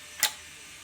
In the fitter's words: ഉള്ളൂ ഇങ്ങനെ ഇങ്ങോട്ട് വരുക ഒന്നില്ലെങ്കിൽ ഒന്ന് പിടിക്കുക അത്രയേ ലോക്ക് ആയി